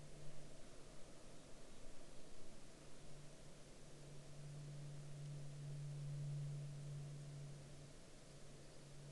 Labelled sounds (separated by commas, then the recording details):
wind, aircraft
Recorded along the Dempster Highway, Canada, on 18 April 2019 at 11:28
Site 13